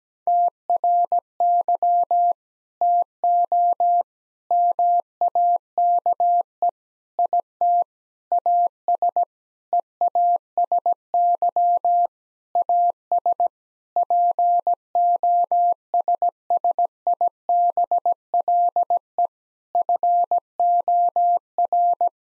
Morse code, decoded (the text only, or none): TRY TO MAKE IT AS EASY AS POSSIBLE FOR